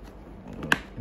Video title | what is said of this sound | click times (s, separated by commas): Best MotoVlogging Setup 🏍 #motovlog #royalenfield #himalayan2021 #lehladakh | ये वापस से लॉक हो गया। | 0.7 s